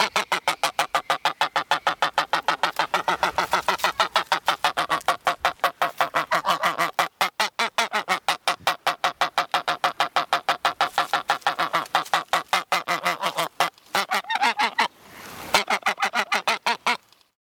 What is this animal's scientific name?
Anser anser